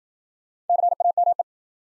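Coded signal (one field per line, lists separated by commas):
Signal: Morse code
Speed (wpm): 53 wpm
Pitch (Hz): 700 Hz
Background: none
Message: CAME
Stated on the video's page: New-word head-copy drill at 55 wpm: each word sent in Morse, spoken, then sent again.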